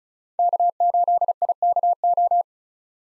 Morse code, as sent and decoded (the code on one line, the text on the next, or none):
-.- ---.. .. -.- ---
K8IKO